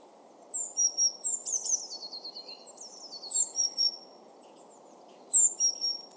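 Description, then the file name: Eurasian blue tit giving sharp high notes falling into quick chattering trills, repeated in clusters, with constant low background noise. "Cyanistes caeruleus"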